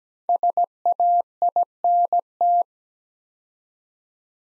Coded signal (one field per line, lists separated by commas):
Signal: Morse code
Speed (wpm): 17 wpm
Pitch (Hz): 700 Hz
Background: none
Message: SAINT